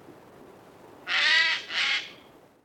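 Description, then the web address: Bird giving two harsh, raspy squawks in quick succession, the first longer than the second, against a quiet hiss. "bird voice"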